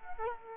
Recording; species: mosquito wingbeat signal from an infrared sensor; Culex quinquefasciatus